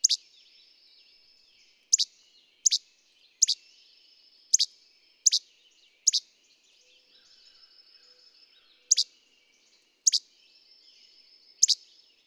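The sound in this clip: Bird song made of bright, high double chirps at uneven gaps of under one to about three seconds, with faint soft twittering between them in a quiet setting.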